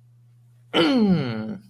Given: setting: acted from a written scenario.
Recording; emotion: vocal sound without words; elation